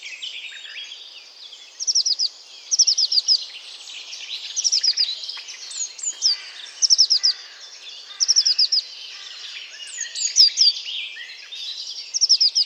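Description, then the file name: Eurasian blue tit delivering repeated clusters of quick, high, falling notes, with other birds calling around it. "Cyanistes caeruleus"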